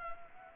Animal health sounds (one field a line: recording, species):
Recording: mosquito wingbeat signal from an infrared sensor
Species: Anopheles gambiae